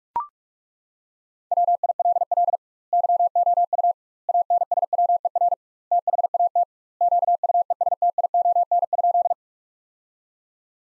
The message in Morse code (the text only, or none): WILL YOU ANSWER THAT QUESTION?